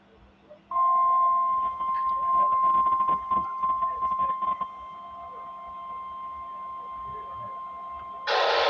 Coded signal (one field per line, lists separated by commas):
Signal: Emergency Alert System (SAME) tones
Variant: 1050 Hz attention tone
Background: speech